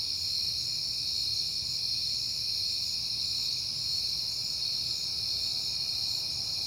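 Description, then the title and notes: Crickets in a steady, continuous high chorus, many insects trilling together without pause, with a faint low rumble underneath. Recorded at night in September on a peaceful night. "Night Time: Crickets and Passing Cars. It is September and I have been hearing the crickets a lot, but finally had a peaceful night to make the recording"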